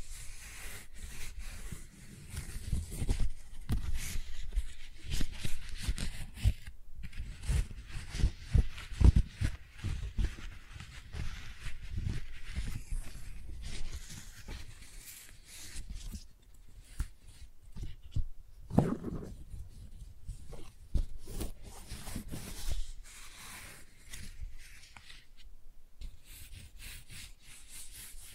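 Flowers and petals rustle and rub in dense, irregular crinkling bursts, busiest early on, with brief quiet gaps and soft low bumps throughout.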